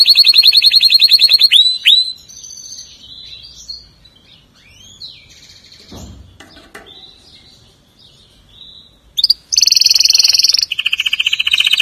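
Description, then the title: Canary singing fast, high rolling trills at the start, then softer scattered twitters and warbles, before loud rapid trilled phrases return near the end. "Kenari"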